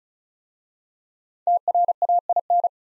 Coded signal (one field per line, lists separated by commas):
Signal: Morse code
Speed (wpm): 36 wpm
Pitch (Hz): 700 Hz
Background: none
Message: TRAIN